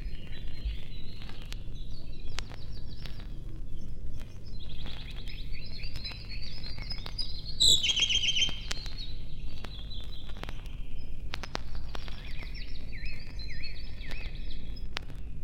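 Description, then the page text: Songbird song with a brief trill near eight seconds and repeated rising-falling whistles later, over persistent low rumble. Forest songbirds close to a road. "Лесные певчие птицы - Nature, близко трасса"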